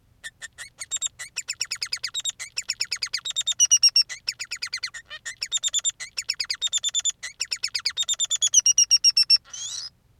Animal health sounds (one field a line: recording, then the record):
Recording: song of a male Bengalese finch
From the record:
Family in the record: son of father 3